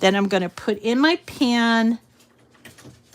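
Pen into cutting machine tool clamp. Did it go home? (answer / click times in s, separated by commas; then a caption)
no / none. After removing the scoring stylus, a plastic pen is being put into the tool clamp of a craft cutting machine to be pushed down. Someone talks for the first two seconds, followed by a few faint, soft handling knocks near the end. The pen has not clicked down or seated yet.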